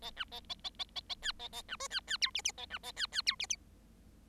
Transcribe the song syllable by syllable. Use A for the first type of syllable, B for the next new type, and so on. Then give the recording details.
A B A A A A A A C A A B D C C E F F A B A C C E F F. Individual Bird7